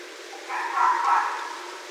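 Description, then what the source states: Red fox giving one husky, scratchy bark about a second long, over a low constant hiss. Recorded on 31 December 2011.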